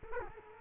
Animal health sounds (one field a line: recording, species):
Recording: mosquito wingbeat signal from an infrared sensor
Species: Culex quinquefasciatus